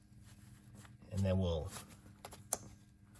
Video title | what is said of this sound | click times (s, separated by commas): 2018-2020 Ford F-150 5.0L Coyote Engine: Spark Plug Replacement Walkthrough | so push it on to it clicks | 2.5 s